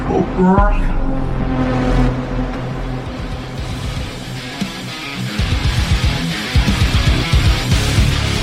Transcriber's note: rock music playing; explosion sound